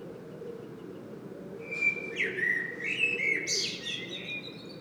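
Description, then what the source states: Common blackbird giving a single song phrase, a smooth whistled warble with a high scratchy flourish, above a faint low rumble. Singing bird recorded in Saint-Gilles, Belgium, using a Sony PCM-M10 internal microphone.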